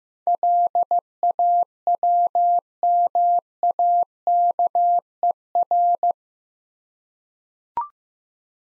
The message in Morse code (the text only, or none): LAWMAKER